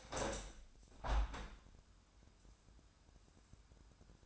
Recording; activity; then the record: daily activity, microphone in the room; open window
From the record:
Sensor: 2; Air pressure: 1000.4 hPa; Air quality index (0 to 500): 163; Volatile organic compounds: 3 ppm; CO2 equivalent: 1354 ppm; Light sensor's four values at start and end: 11/31/12/14 and 12/32/12/14